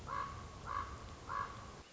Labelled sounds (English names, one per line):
Common Raven